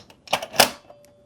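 A plastic rear manual paper feed piece is lined up and pushed into the rear slot of an Epson ET-8550 inkjet printer, used for feeding thick paper. A few light plastic taps and scrapes lead into a sharp click at 0.6 s as the piece seats, followed by faint small ticks. The piece is seated in the printer.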